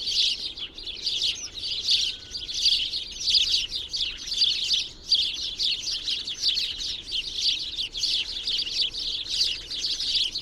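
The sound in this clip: Twittering birds, high bright chirps in rolling waves, briefly easing around the middle before resuming just as thickly.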